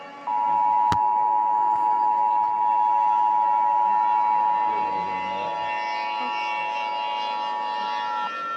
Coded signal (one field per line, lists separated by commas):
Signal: Emergency Alert System (SAME) tones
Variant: 853 and 960 Hz attention tone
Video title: EAS Mini Scenario Our Heros The Sun And Venus